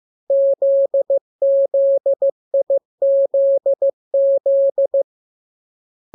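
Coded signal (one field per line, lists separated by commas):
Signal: Morse code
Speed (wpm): 15 wpm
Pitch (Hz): 550 Hz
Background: none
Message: ZZIZZ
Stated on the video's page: Morse lesson 15 on letters KMURESNAPTLWI.JZ; each radiogram opens with VVV and a section sign and ends with AR.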